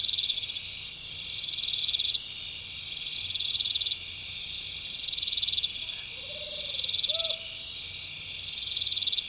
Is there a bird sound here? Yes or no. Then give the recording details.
yes. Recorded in pastures near Puerto Asís, Putumayo, Colombia, on 26 December 2024 at 22:30. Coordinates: 0.472, -76.329. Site G072